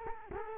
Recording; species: mosquito wingbeat signal from an infrared sensor; Culex quinquefasciatus